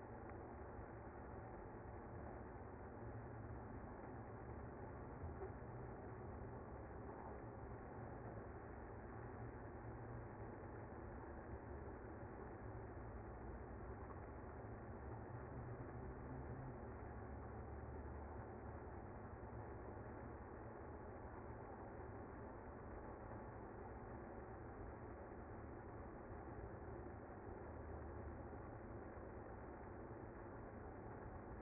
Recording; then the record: honeybee colony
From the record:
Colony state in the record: active